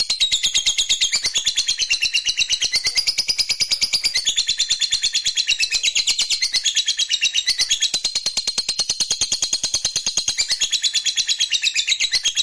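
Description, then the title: Lovebird delivering an unbroken, loud, rapid chattering trill, high and buzzy, pulsing steadily throughout with small shifts in pitch. Fighter lovebird; ngekek panjang, a long trill. "Begitu Dengar Suara Lovebird FIGHTER NGEKEK PANJANG"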